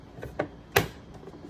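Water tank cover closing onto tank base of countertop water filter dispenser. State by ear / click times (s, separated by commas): seated / 0.8 s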